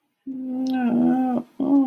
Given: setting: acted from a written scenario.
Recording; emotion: vocal sound without words; distress